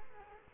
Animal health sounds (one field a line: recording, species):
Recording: mosquito wingbeat signal from an infrared sensor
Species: Culex quinquefasciatus